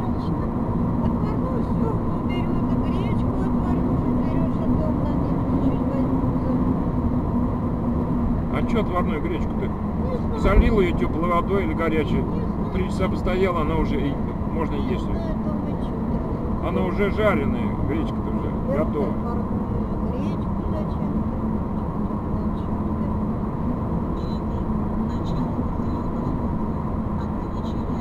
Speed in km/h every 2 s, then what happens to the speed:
82, 83, 84, 83, 79, 76, 74, 73, 73, 76, 78, 80, 81, 82.
0-5 steady at about 83. 5-16 slows to 73. 16-28 speeds up to 82.